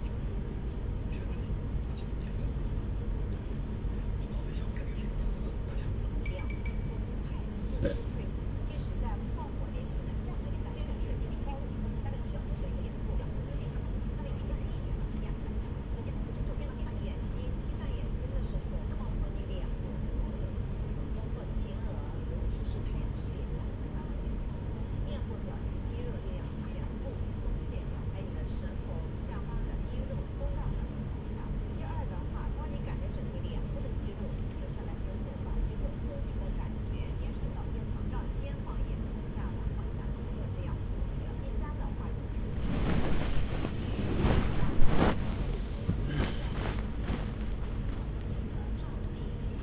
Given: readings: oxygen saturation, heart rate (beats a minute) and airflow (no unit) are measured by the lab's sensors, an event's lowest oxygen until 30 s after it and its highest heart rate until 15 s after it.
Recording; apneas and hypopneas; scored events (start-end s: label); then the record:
a person awake in a sleep study, by a smartphone at the bedside; none
0.00-49.63 s: awake
From the record:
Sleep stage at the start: awake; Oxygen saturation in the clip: 93 to 95%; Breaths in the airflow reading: 11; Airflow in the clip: -5.2 to 6.5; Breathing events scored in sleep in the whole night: 335 in 6.7 hours asleep